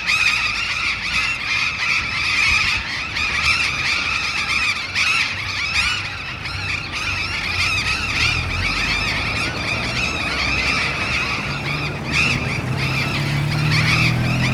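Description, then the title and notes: Burrowing parrots squawk harshly and continuously as a noisy flock. Group of burrowing parrots perched on overhead urban power lines at a street corner in a neighbourhood of Bahía Blanca; August. "Loros barranqueros (Cyanoliseus patagonus) en tendido eléctrico aéreo urbano. Humboldt esq. H. Yrigoyen. B° La Falda. Por Sonoteca Bahía Blanca"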